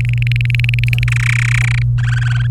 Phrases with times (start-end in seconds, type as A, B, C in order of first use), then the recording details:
0.00-1.03 A, 1.08-1.82 B, 1.98-2.47 C. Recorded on 24 April 2018 at 12:12. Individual llb3